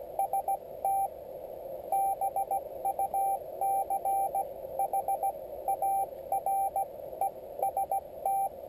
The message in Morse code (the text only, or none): ST BUCHAREST